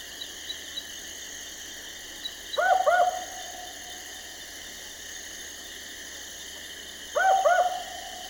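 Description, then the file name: Barking owl calling a paired 'wook-wook' bark twice, about four and a half seconds apart, with faint insect ticks and a constant hiss behind. "Barking Owl Ninox connivens"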